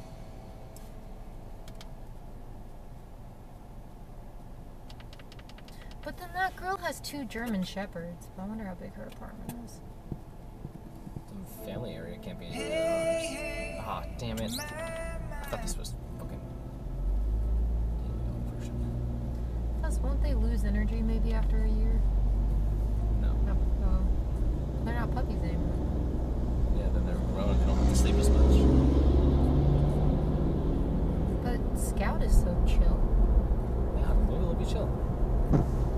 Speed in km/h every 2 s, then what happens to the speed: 0, 0, 0, 0, 0, 0, 0, 0, 5, 18, 26, 32, 40, 48, 55, 58, 60, 63.
0-14 standing. 14-36 pulls away to 63.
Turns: none.